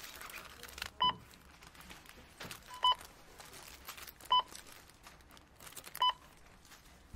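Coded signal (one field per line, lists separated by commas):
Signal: none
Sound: cash register beeps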